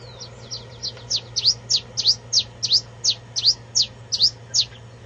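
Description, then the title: Bird song, a rhythmic series of about fifteen short, sharp high notes, some doubled, roughly three per second over a steady low hum. "LuckyPassaro Completos2Sama"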